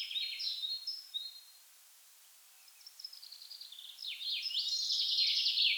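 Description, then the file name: Common chaffinch: short high notes at first, then a pause, then a full rattling song that builds and grows louder toward the end. "Fringilla coelebs"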